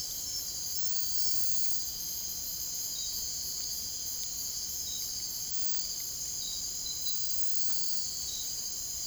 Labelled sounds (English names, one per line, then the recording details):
none
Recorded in dense forest near Puerto Asís, Putumayo, Colombia, on 22 June 2025 at 02:00
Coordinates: 0.503, -76.323
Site G059